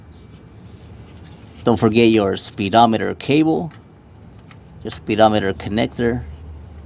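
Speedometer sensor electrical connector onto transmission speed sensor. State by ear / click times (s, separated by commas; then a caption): not seated / none. Someone talks while handling the electrical speedometer sensor connector, bringing it to the speed sensor on the transmission extension housing of a GM Astro/Safari. A faint contact sound comes at 4.5 s and another brief sound right at the end, 6.9 s. The connector has not seated or clicked into place yet.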